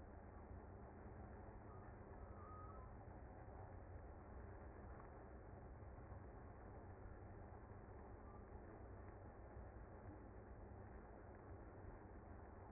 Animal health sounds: honeybee colony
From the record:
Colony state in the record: active

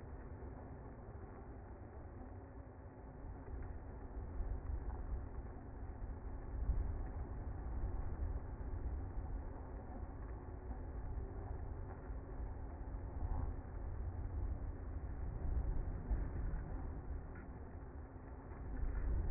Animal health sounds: honeybee colony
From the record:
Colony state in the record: active

